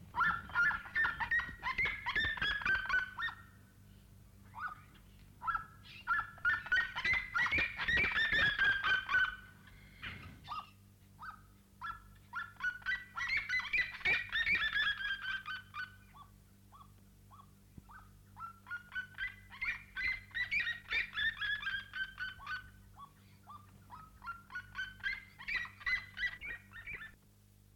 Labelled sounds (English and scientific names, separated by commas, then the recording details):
Red-legged Seriema (Cariama cristata) duetting
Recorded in captivity
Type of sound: duetting
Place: Zoo Wuppertal, Nordrhein-Westfalen, DE
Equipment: Halbspur, 9,5 cm/s
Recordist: Lütgens, Hans
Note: Duett